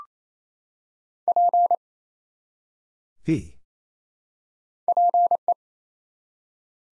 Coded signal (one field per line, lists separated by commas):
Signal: Morse code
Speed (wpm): 27 wpm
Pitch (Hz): 700 Hz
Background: none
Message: P PE